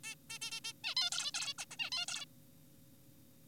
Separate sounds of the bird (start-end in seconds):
0.04-0.15, 0.30-0.39, 0.42-0.51, 0.52-0.60, 0.65-0.73, 0.84-0.95, 0.97-1.10, 1.12-1.32, 1.34-1.54, 1.58-1.65, 1.71-1.77, 1.79-1.90, 1.92-2.06, 2.08-2.25